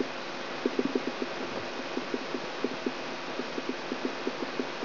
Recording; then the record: brain microelectrode recording played as sound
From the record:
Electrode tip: outside the subthalamic nucleus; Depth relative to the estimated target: 5 mm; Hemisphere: right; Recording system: AlphaMap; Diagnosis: Parkinson's disease